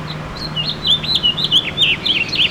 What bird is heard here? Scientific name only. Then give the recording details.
Haemorhous mexicanus. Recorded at Montauk on Long Island, New York, on 15 June 2013. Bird K